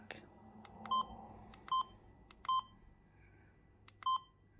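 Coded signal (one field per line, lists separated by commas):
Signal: none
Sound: a radio's button beeps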